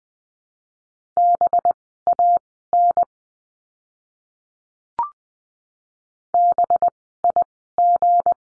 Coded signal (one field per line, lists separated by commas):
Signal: Morse code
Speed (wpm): 20 wpm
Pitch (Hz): 700 Hz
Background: none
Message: BAN BIG